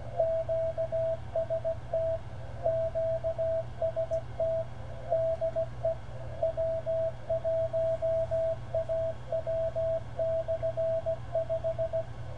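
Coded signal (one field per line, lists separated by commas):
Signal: Morse code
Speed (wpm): 16 wpm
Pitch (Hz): 660 Hz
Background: radio noise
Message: QST QST DE W1AW/5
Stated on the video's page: Morse signal received during a frequency measurement test with a software defined radio and GPS-disciplined reference.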